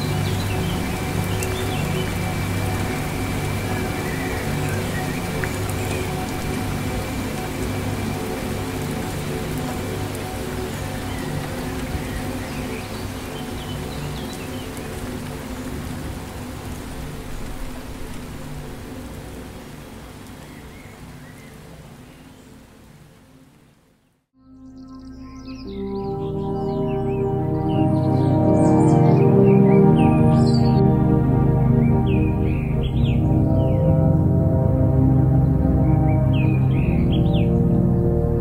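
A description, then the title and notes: Ambient music with rainforest sounds: for the first twenty-four seconds a dense, rain-like hiss runs over steady held tones. It fades almost to silence, then a louder passage returns with deep sustained chords and quick, bright bird chirps scattered throughout. Ambient Music Rainforest Sounds Birds.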